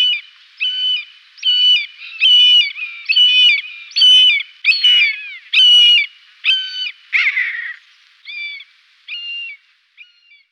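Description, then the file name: Common buzzard giving a series of short harmonic calls, one rough downward-slurred call partway through, then softer, weaker calls. "Maeusebussard"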